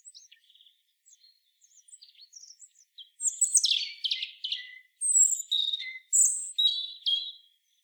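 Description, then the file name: European robin song: soft, scattered high twitters lead into loud, varied phrases of sliding whistles and rapid trills, repeated after brief pauses. "Erithacus rubecula"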